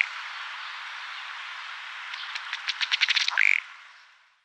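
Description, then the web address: Ruddy duck display call: ticks start slowly and speed up into a fast rattle, then end in a single bright burp, followed by fading quiet. Male. "Schulze Peter Ruddy Duck male"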